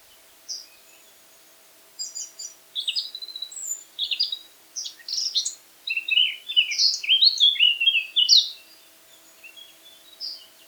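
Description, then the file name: Eurasian blackcap song: scattered notes quickening into a rich, rapid warbling phrase that rises in intensity, then tails off. "Sylvia atricapilla"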